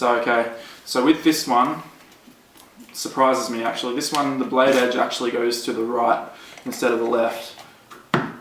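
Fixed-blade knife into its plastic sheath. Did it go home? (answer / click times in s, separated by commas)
yes / 8.1 s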